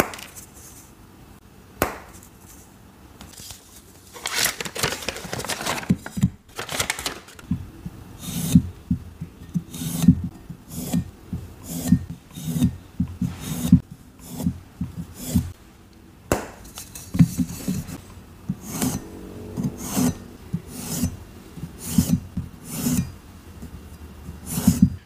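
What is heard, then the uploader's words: A knife scrapes and shaves a block of gym chalk, starting sparse and turning busy after about four seconds. Dry rasping strokes repeat roughly every second, each a short bright scratch over a soft low thud. Cutting & Shaving Plain Gym Chalk Prep. ASMR triggers cutting, shaving, chopping gym chalk and more.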